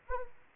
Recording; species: mosquito wingbeat signal from an infrared sensor; Anopheles arabiensis